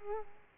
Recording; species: mosquito wingbeat signal from an infrared sensor; Culex quinquefasciatus